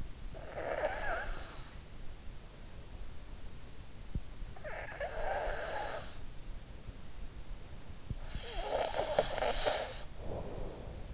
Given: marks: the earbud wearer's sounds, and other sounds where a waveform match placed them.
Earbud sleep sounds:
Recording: sounds in sleep by an in-ear microphone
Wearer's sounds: snoring breath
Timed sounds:
0.00-2.40 s: snoring breath
4.12-6.57 s: snoring breath
8.17-11.14 s: snoring breath

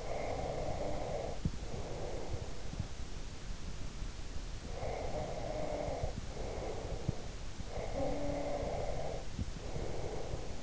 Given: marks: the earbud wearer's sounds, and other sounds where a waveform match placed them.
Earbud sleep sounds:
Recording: sounds in sleep by an in-ear microphone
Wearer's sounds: breath, snoring breath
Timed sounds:
0.00-2.82 s: breath
4.71-7.37 s: breath
7.71-10.62 s: snoring breath

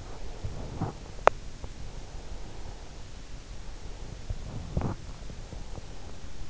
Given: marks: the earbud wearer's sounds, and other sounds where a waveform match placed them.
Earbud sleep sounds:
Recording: sounds in sleep by an in-ear microphone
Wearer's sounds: breath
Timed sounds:
0.12-2.97 s: breath

